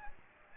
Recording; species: mosquito wingbeat signal from an infrared sensor; Aedes aegypti